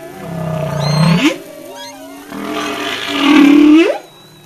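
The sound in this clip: Humpback whale song units: two long low moans that each end in a sharp rising sweep, with fainter harmonic cries between them.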